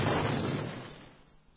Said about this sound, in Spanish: Ahora ya lo recogen y lo introducen en la parte trasera de la ambulancia, donde se encuentra la mesa negra, las velas. Ahí está. Ahora viene... Ahí está. Arde la ambulancia.